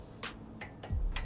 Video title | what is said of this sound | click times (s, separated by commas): BMW M4 Competition CSF Oil Cooler Install | You guys hear the click? | 1.2 s